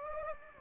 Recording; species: mosquito wingbeat signal from an infrared sensor; Anopheles gambiae